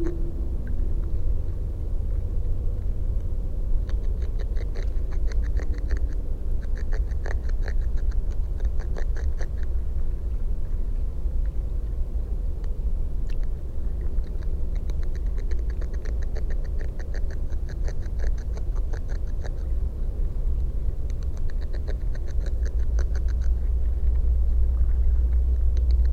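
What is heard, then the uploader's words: Beavers chew in bursts of rapid, rasping gnawing, starting around four seconds and returning in several bouts through the clip, with short pauses between. A steady deep rumble runs underneath the whole time, with scattered soft clicks. In Dyke Marsh from board walk on Mt Vernon trail, facing east. Fostex FR-2, Sennheiser ME62 and Telinga parabola.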